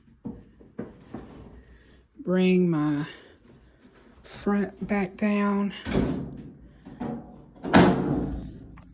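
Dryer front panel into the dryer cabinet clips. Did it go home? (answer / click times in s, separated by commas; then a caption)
yes / 7.8 s. A dryer's front panel is lowered back down onto the dryer cabinet until its clips engage, while someone talks. A sharp click at 7.8 seconds marks the panel seating into the cabinet clips.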